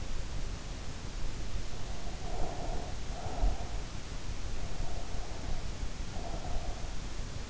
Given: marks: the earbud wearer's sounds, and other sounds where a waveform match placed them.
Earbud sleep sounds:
sounds in sleep by an in-ear microphone; breath
1.73-3.60 s: breath
4.56-6.53 s: breath

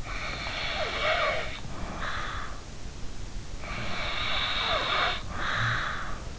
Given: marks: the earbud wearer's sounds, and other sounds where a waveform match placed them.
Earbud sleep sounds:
sounds in sleep by an in-ear microphone; snoring breath
0.07-2.60 s: snoring breath
3.48-6.30 s: snoring breath

